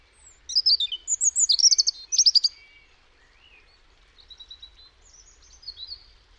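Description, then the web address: European robin song: a burst of rapid, high, thin trilled notes and sliding whistles, then softer scattered twittering phrases after a short pause. "cianscape birddata Deverinetal 2025 Bird Only Er Ru"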